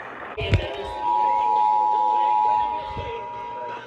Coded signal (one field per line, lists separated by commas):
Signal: Emergency Alert System (SAME) tones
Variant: 853 and 960 Hz attention tone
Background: speech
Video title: A busted slight risk… EAS Alerts from 9/21/23 [EAS #339-347]